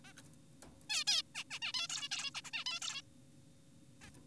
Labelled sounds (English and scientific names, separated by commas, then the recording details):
Zebra Finch (Taeniopygia guttata)
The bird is an adult
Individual g4p5U